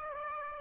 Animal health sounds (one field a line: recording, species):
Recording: mosquito wingbeat signal from an infrared sensor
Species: Aedes aegypti